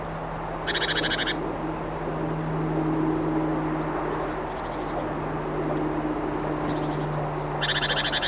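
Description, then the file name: Great tit churrs: a rasping pulsed burst at the start and another at the end, with scattered faint chirps between over a persistent low hum. "Parus major"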